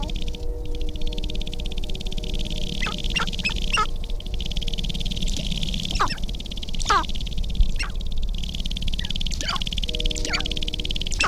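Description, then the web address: Sharp-tailed grouse making quick, sharp downward-sweeping notes at irregular intervals against a constant high hiss and low background rumble. "Laura's Natural Sounds Sharp-tailed Grouse"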